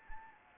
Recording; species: mosquito wingbeat signal from an infrared sensor; Anopheles arabiensis